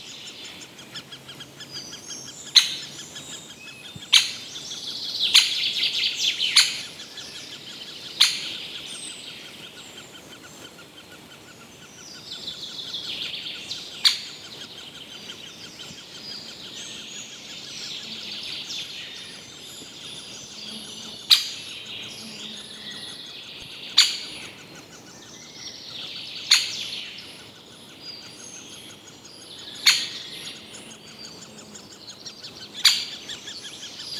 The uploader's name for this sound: Chirping Birdies in the Sun